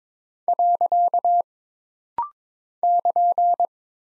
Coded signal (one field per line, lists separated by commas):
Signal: Morse code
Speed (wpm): 22 wpm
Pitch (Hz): 700 Hz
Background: none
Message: . <KN>